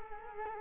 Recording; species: mosquito wingbeat signal from an infrared sensor; Culex quinquefasciatus